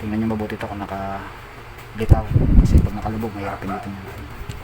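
During a Realme 5i battery replacement, the plastic back cover is pressed back onto the smartphone frame and its side edge is pushed so the side clips will lock, while someone talks. Short handling knocks and rubbing are heard, louder around 2.1 to 2.8 seconds. Nothing has seated or clicked yet.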